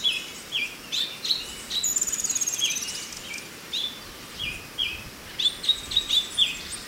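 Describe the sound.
Chinese hwamei whistling short repeated notes, interrupted by a high buzzing trill, then a quick series of sharp chipped notes.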